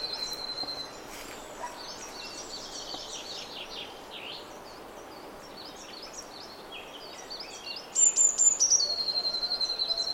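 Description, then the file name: Eurasian blue tit song: the end of a trill, then several seconds of varied faint chirping, then a few very high thin notes leading into a fast lower trill. "Cyanistes caeruleus"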